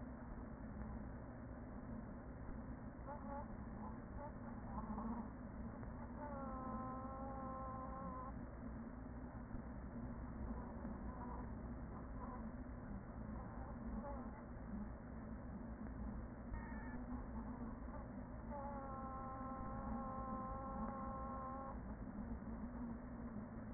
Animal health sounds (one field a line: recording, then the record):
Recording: honeybee colony, microphone inside the hive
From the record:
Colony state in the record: queen present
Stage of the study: after two queens were removed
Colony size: about 40,000 bees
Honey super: no